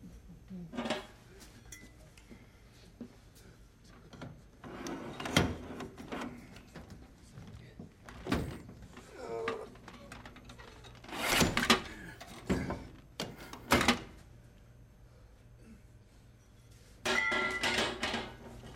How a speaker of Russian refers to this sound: Бродит по помещению, находит тяжелую трубу и выдвигает ей защелку на двери.